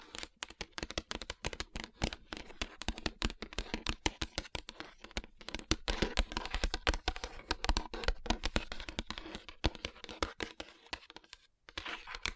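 Fingers tap and rub across rhinestone-covered palms in a dense, fast run of sharp clicks and taps, nearly continuous for twelve seconds. Bright, crisp clacks mix with softer scratchy rubbing, and a brief pause comes near the eleven-second mark before tapping resumes.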